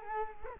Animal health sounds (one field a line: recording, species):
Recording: mosquito wingbeat signal from an infrared sensor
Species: Culex quinquefasciatus